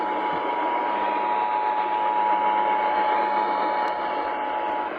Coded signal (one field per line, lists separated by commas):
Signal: Emergency Alert System (SAME) tones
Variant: 853 and 960 Hz attention tone